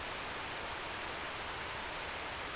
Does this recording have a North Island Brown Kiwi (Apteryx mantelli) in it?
no